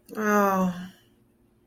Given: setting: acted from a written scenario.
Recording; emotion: vocal sound without words; distress